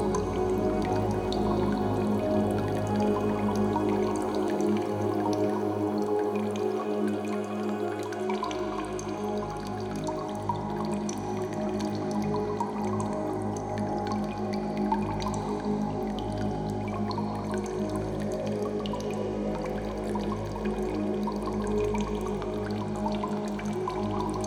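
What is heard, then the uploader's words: Echoey water drips tick and plink at irregular moments over a steady bed of sustained, warm music. The music holds level for the whole stretch, with its deep bass briefly dropping away around six to eight seconds before returning, while the drips stay light and scattered. Echoey Drips of Nature (with Music).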